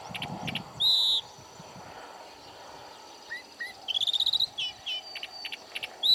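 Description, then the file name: Calandra lark song: short whistled and buzzy phrases with a rapid chattering run, interrupted by pauses, over quiet background noise. "calandria voz"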